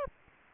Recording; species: mosquito wingbeat signal from an infrared sensor; Aedes aegypti